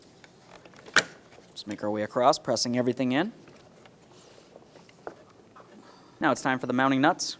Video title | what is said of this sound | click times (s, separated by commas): How to Replace Grille Mounting Panel 2006-2012 Ford Fusion | bring it up into position aligning everything you want to make sure you press it in until you hear a click | 1.0 s